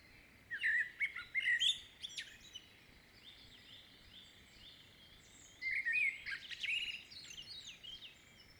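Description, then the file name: Common blackbird song, two phrases of mellow fluted warbling that end in high, scratchy twitters, with a quiet pause between them. "Turdus merula"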